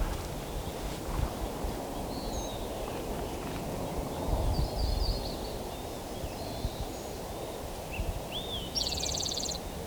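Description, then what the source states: Spotted Towhee song: a buzzy, rapid trill at the very end, after scattered faint high chirps and whistles over rumbling background noise. Seventh counted song, sung by a male on the ground, Stanislaus National Forest, 5 May 2018.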